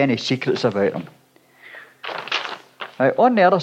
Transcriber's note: paper rustling